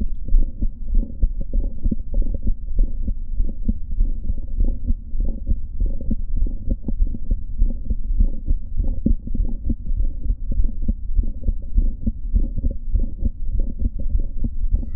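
Adult heart by stethoscope at about 100 beats per minute. Multiple systolic clicks, so many that they can sound like a short crunching murmur in systole; an atypical auscultatory sign of mitral valve prolapse.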